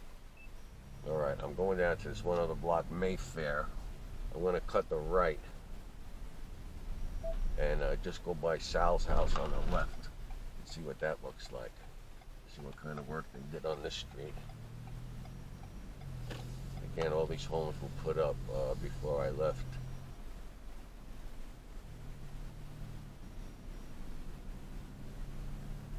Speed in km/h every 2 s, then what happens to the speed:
8, 23, 26, 26, 23, 16, 10, 13, 18, 23, 29, 34, 39.
0-3 speeds up to 26. 7-13 slows to 10. 13-26 speeds up to 39.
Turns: 11-16.